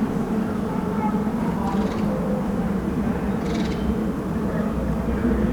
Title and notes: Schwartzkopffstraße 7c, 10115 Berlin, Germany - Kirschbaum mit Bienen und anderen Insekten. Ein Sonntagmittag während des Corona-Lockdowns, ein Kirschbaum in voller Blüte mit, offenbar, Tausenden Insekten, vor allem Honigbienen